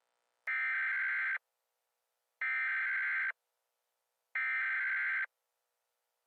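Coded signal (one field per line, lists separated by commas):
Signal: Emergency Alert System (SAME) tones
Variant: header bursts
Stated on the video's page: Fictional EAS scenario about a prison break.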